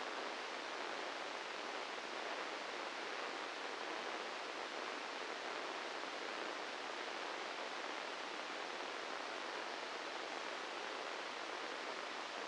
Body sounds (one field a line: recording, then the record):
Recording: brain microelectrode recording played as sound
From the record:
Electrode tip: inside the subthalamic nucleus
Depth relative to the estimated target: -1 mm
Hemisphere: right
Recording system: NeuroSet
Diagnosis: Parkinson's disease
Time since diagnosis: 13 years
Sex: male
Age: 66 years